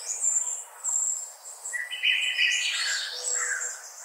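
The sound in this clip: Bird song, high chattering twitters and whistled notes throughout.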